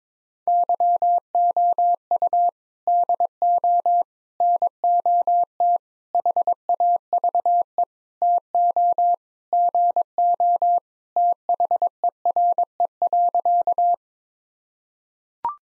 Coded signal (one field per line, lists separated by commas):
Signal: Morse code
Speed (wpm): 22 wpm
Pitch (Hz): 700 Hz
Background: none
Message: YOU DO NOT HAVE TO GO THERE.